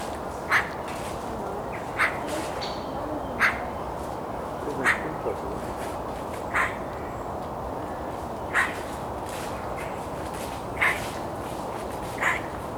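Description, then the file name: Eurasian magpie giving single harsh, rasping calls roughly every one to two seconds over a steady low rumbling background noise. "Pica pica"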